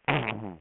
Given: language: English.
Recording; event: throat vibration sensor signal played as sound; throat clearing